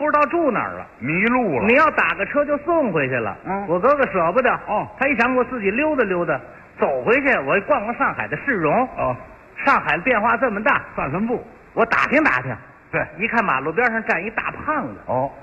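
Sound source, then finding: Adult male crosstalk performer, with brief interjections from a partner. Fluent speech.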